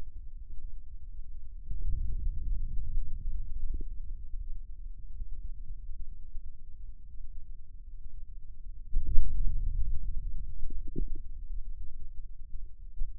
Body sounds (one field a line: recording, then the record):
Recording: forearm muscle sounds (acoustic myography)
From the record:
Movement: radial deviation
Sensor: system 2, bracelet of six BSWA MPA416 microphones around the upper forearm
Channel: 3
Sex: male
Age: 22 years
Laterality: right